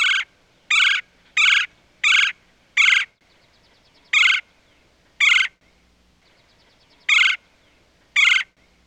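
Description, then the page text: Red-bellied woodpecker uttering a string of nine harsh, trilled kwirr notes, first rapidly then more spaced out. "Red Bellied Woodpecker. Quick Sounds"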